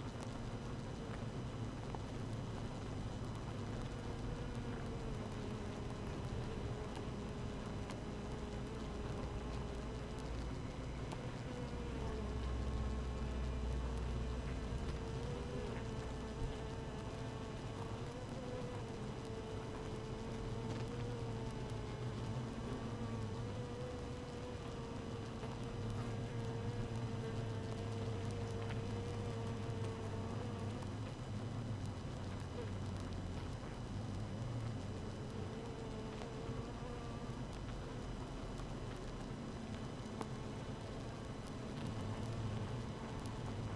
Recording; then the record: honeybee colony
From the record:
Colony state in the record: active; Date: 12 June 2018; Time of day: 6:58